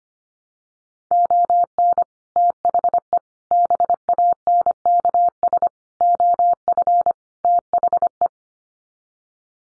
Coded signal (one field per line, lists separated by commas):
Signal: Morse code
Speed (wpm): 25 wpm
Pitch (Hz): 700 Hz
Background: none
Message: ON THE BANKS OF THE